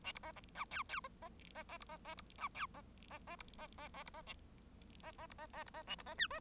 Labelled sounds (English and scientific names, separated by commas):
Bengalese Finch (Lonchura striata domestica) song